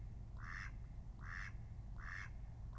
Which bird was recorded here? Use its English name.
Mallard